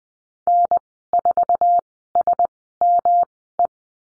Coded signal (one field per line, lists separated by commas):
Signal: Morse code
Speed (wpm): 20 wpm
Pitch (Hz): 700 Hz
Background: none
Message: N4SME